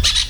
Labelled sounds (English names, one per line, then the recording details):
Brown-throated Parakeet contact call
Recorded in Venezuela
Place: PN Cerro Saroche, Tierras del Sr. Polo, Edo. Lara
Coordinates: 10.171, -69.518